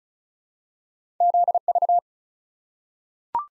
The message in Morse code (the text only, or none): ZV